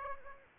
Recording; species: mosquito wingbeat signal from an infrared sensor; Aedes aegypti